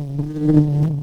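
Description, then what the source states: Red-tailed bumblebee buzzing: a steady low hum, rich in overtones, swelling slightly in the middle and holding throughout. Queens.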